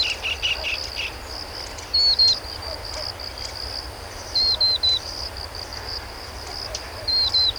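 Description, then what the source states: Crickets chirping in a steady high-pitched band, with a bird's short whistled notes repeating roughly every two and a half seconds over a soft low background hum. Wetland ambience.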